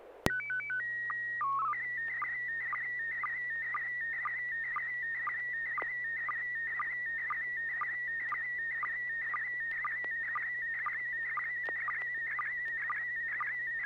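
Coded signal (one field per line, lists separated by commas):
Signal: SSTV (slow-scan television)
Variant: PD 120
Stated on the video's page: SSTV net on a 441.30 MHz FM repeater, Sacramento, using MMSSTV.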